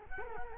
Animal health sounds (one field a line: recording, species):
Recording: mosquito wingbeat signal from an infrared sensor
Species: Culex quinquefasciatus